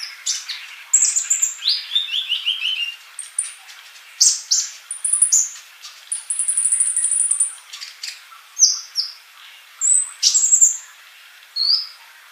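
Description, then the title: Bird song mixing descending chirp runs, long high whistled notes and a sustained trill, with short pauses between phrases. "Kicau Burung"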